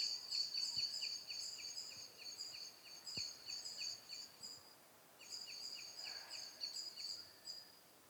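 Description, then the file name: Eurasian blackbird calling in two fast chattering runs of high notes with a brief break between, scattered clicks and a hissy background. "Turdus merula"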